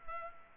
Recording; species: mosquito wingbeat signal from an infrared sensor; Culex pipiens